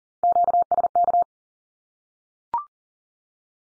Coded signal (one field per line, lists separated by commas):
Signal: Morse code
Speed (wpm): 40 wpm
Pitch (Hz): 700 Hz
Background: none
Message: QSK